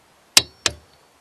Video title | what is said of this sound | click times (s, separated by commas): Y'A D'LA CASSE #1 - Réparations Arbre de direction | tout simplement ça suffit c'est pas la peine de d'essayer de forcer plus si la clé déclenche | 0.4 s, 0.7 s